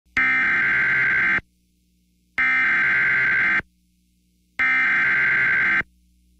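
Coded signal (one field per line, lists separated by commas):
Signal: Emergency Alert System (SAME) tones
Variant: header bursts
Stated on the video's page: Tornado emergency alert for Essex, Iowa, during an EF-1 tornado.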